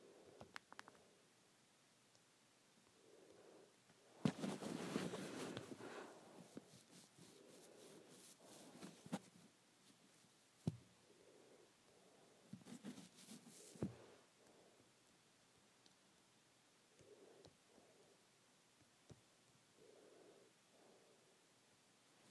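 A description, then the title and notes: Hair braiding with soft rustles and brushing strokes, louder bursts near five and thirteen seconds, and occasional sharp clicks between quiet pauses. ASMR Hair Braiding.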